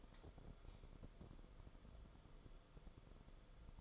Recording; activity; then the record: daily activity, microphone in the room; light on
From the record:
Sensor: 5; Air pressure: 994.5 hPa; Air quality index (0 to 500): 192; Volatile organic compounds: 1000 ppm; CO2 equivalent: 5638 ppm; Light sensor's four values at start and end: 26/65/27/31 and 27/69/28/33